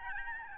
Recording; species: mosquito wingbeat signal from an infrared sensor; Aedes albopictus